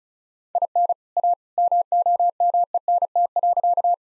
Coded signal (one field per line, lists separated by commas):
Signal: Morse code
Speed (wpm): 36 wpm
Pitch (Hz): 700 Hz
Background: none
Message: IN A MOMENT.